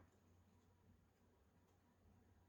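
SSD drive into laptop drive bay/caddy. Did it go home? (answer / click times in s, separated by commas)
no / none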